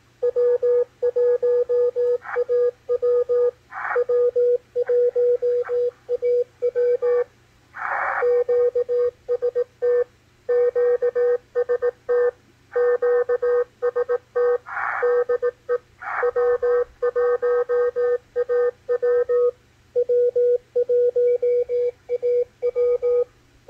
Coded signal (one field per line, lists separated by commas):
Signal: Morse code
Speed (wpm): 18 wpm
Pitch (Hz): 490 Hz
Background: radio noise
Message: W1AW W1AW QST QST QST DE W1AW W1AW